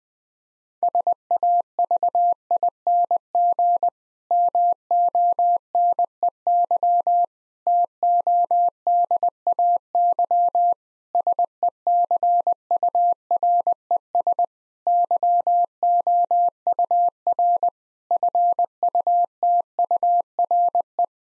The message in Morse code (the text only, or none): SAVING MONEY TODAY SECURES YOUR FUTURE